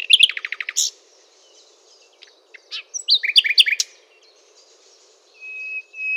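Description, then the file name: Common nightingale song opens with a quick rattle of repeated notes, pauses, then a chattering phrase and ends on a long thin whistle, over low steady background noise. "Luscinia megarhynchos"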